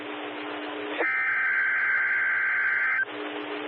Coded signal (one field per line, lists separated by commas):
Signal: Emergency Alert System (SAME) tones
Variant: header bursts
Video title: West Coast Great Shakeout Exercise RMT (EAS 569)